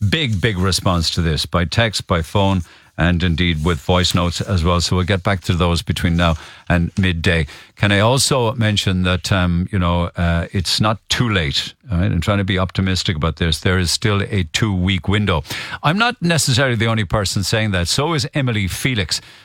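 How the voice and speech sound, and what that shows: A man speaks fluently in a clear, low-pitched voice at a brisk broadcast pace; typical speech.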